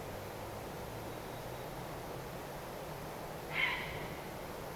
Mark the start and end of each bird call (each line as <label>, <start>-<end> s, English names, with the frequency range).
Grey Heron (1.0-4.4 kHz), 3.52-3.74 s